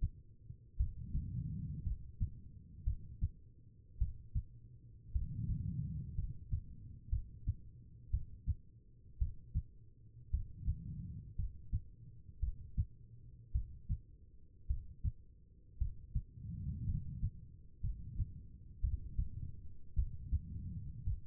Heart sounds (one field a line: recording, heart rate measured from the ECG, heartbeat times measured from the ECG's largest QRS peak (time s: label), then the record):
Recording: heart sounds by stethoscope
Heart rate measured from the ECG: 56 bpm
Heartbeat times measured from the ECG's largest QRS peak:
0.77 s: heartbeat
1.83 s: heartbeat
2.84 s: heartbeat
3.98 s: heartbeat
5.12 s: heartbeat
6.15 s: heartbeat
7.09 s: heartbeat
8.10 s: heartbeat
9.18 s: heartbeat
10.30 s: heartbeat
11.36 s: heartbeat
12.40 s: heartbeat
13.52 s: heartbeat
14.67 s: heartbeat
15.78 s: heartbeat
16.85 s: heartbeat
17.81 s: heartbeat
18.80 s: heartbeat
19.95 s: heartbeat
21.04 s: heartbeat
From the record:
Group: healthy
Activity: cold pressor test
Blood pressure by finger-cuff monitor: 106/74 mmHg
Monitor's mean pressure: 84 mmHg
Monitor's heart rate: 57 bpm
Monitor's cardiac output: 4.2 L/min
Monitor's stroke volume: 74 mL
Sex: female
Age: 36 years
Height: 163 cm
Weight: 88 kg